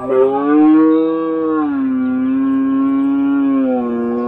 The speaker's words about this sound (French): Le brame du cerf peut ainsi être langoureux, le son sera modulé, long et à sonorité claire.